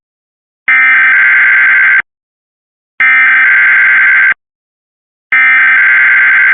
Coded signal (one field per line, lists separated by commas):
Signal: Emergency Alert System (SAME) tones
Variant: header bursts